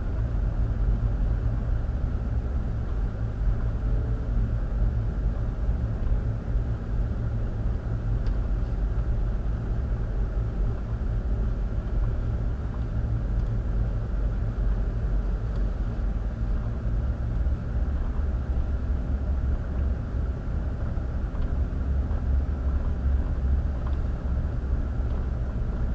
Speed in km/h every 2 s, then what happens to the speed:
21, 19, 19, 19, 18, 18, 19, 19, 21, 23, 23, 23, 21.
0-26 steady at about 19.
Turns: none.